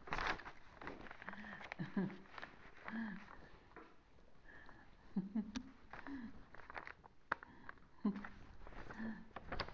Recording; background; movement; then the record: laughter; quiet; sitting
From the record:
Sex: female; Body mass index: 25.5 kg/m2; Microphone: on the chest, facing outward